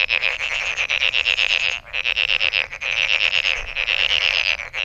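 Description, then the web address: Frogs giving loud, clearly pulsed rattling calls in bursts separated by short pauses. Recorded 23 May 2008. "misc sound frog frog 20080523"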